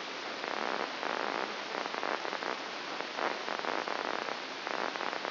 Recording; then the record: brain microelectrode recording played as sound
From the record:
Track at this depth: outside the subthalamic nucleus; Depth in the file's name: 6.101 mm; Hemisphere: left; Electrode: 2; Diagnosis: Parkinson's disease